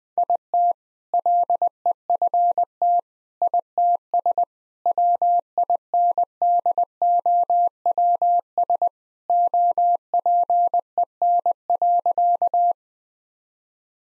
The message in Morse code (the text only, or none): IT LEFT ITS WINDOWS OPEN.